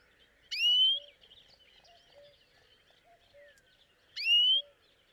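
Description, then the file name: European greenfinch calling: a strong upslurred whistle, then quiet twitters and soft notes, and the same rising call repeated about three and a half seconds later. "Chloris chloris"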